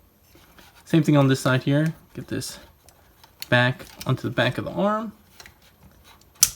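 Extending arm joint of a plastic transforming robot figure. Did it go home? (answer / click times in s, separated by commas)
yes / 6.4 s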